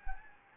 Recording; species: mosquito wingbeat signal from an infrared sensor; Anopheles gambiae